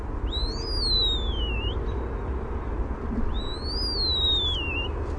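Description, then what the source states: European Starling whistling two long slurred notes, each sliding up sharply then gliding slowly down, separated by about a second and a half, over constant low-pitched background rumble. Male singing warbled song at a nest cavity, poking his head out of the cavity while his body stays inside.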